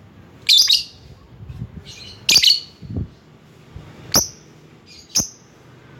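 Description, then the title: Lovebird calls: a few harsh high squeaky chirps separated by pauses. Lovebird calling a rival. "Lovebird Memanggil Lawan"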